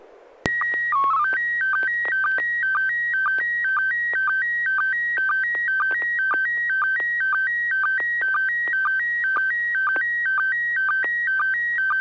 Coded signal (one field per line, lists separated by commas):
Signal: SSTV (slow-scan television)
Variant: PD 120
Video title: N6NA SSTV Net - 05/26/2021